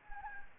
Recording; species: mosquito wingbeat signal from an infrared sensor; Anopheles gambiae